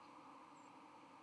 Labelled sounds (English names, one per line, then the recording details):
White-throated Sparrow flight call
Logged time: 09:14 on 31 October 2014